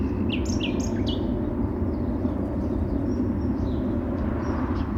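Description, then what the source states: Birds giving several quick high falling chirps early on, then sparse faint twitters, all above a constant heavy low roar of traffic. City park ambience in spring, with cars heard alongside the birds.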